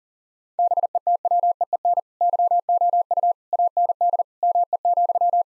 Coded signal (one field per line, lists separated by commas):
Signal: Morse code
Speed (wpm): 40 wpm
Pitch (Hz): 700 Hz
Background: none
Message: BETWEEN YOU AND ME,